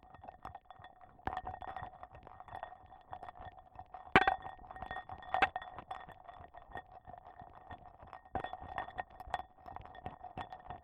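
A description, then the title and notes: Pieces of ice are dropped one at a time, each landing as a sharp, bright clink, near 1, 4, 5.5, 8 and 9 seconds, the one near 4 seconds loudest. A steady mid-pitched ringing hum and faint scattered clicking carry on underneath throughout. After gaffer taping the contact microphones to my niece's commemorative wedding goblet, i dropped five pieces of ice, one at a time (each in honor of one year of the Junto), into the glass.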